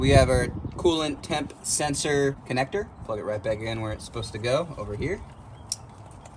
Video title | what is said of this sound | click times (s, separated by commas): Knock Sensor Replacement (Toyota 4Runner 3.4L TRD Supercharged V6 5VZ-FE) (P0325) | Hear it click, that's a good sign. | 5.7 s